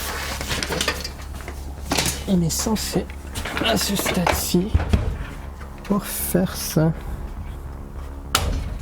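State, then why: Released. Someone talks while pulling the clipped-on front panel off a new NZXT H5 Flow PC case chassis. The panel releases with one sharp, loud snap at 8.4 s.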